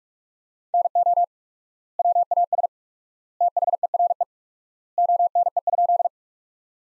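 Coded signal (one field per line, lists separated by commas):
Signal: Morse code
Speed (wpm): 46 wpm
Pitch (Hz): 700 Hz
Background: none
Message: NO WAS THERE ONE?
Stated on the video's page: Morse practice: sentences built from the top 100 words at 45 wpm with quadruple word-spacing, a word-based Farnsworth-like approach.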